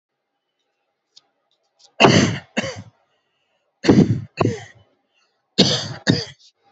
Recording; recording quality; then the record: shallow voluntary cough; excellent, no background noise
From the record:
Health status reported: recovered from COVID-19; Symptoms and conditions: fever, muscle pain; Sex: male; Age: 28 years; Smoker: not ticked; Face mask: worn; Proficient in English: yes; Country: India